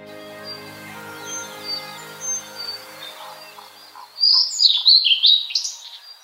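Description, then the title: Blue-and-white flycatcher song: after a quiet start, a loud high whistled phrase of sliding notes near the end. Kirifuri Highlands, Tochigi Prefecture, Japan. "朝の小鳥. 霧降高原（栃木県）のオオルリ"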